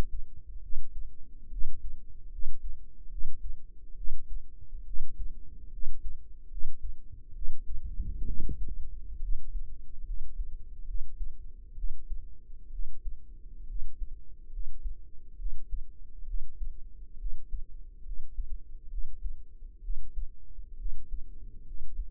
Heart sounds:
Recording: heart sounds by microphone in the right ear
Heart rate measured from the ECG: 68 bpm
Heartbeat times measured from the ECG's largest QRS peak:
0.61 s: heartbeat
1.50 s: heartbeat
2.30 s: heartbeat
3.09 s: heartbeat
3.95 s: heartbeat
4.84 s: heartbeat
5.70 s: heartbeat
6.49 s: heartbeat
7.33 s: heartbeat
8.25 s: heartbeat
9.20 s: heartbeat
10.04 s: heartbeat
10.85 s: heartbeat
11.75 s: heartbeat
12.70 s: heartbeat
13.66 s: heartbeat
14.50 s: heartbeat
15.37 s: heartbeat
16.25 s: heartbeat
17.17 s: heartbeat
18.03 s: heartbeat
18.89 s: heartbeat
19.81 s: heartbeat
20.77 s: heartbeat
21.64 s: heartbeat
From the record:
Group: healthy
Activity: rest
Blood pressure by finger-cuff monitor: 111/73 mmHg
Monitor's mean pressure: 85 mmHg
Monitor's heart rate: 69 bpm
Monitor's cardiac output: 5.6 L/min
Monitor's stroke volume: 81 mL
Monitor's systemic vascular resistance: 1130 dyn s/cm5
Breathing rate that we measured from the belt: 16 breaths a minute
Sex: female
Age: 22 years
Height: 160 cm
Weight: 45 kg

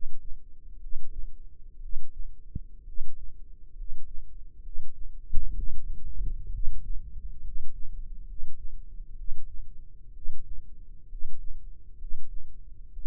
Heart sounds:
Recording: heart sounds by microphone in the left ear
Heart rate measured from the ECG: 64 bpm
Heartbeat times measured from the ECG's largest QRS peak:
0.77 s: heartbeat
1.78 s: heartbeat
2.82 s: heartbeat
3.72 s: heartbeat
4.59 s: heartbeat
5.51 s: heartbeat
6.49 s: heartbeat
7.39 s: heartbeat
8.23 s: heartbeat
9.13 s: heartbeat
10.10 s: heartbeat
11.05 s: heartbeat
11.95 s: heartbeat
12.90 s: heartbeat
From the record:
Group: healthy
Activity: cold pressor test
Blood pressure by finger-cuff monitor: 108/57 mmHg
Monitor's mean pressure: 67 mmHg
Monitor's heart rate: 65 bpm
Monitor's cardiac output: 7.2 L/min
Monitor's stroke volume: 111 mL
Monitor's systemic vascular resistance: 660 dyn s/cm5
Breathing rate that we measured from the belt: 16 breaths a minute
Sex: male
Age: 22 years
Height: 185 cm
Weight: 112.4 kg

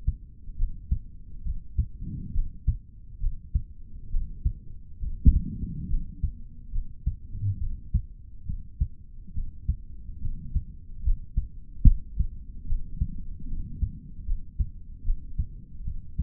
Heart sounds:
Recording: heart sounds by stethoscope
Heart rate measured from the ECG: 71 bpm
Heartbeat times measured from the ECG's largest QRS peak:
0.56 s: heartbeat
1.43 s: heartbeat
2.32 s: heartbeat
3.20 s: heartbeat
4.09 s: heartbeat
5.00 s: heartbeat
5.88 s: heartbeat
6.71 s: heartbeat
7.58 s: heartbeat
8.45 s: heartbeat
9.33 s: heartbeat
10.20 s: heartbeat
11.03 s: heartbeat
11.84 s: heartbeat
12.66 s: heartbeat
13.46 s: heartbeat
14.25 s: heartbeat
15.03 s: heartbeat
15.83 s: heartbeat
From the record:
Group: healthy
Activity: rest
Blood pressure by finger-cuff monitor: 83/52 mmHg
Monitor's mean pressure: 63 mmHg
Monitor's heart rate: 70 bpm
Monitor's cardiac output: 4 L/min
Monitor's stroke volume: 57 mL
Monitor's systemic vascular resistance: 1110 dyn s/cm5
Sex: male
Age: 55 years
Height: 167 cm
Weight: 57.2 kg

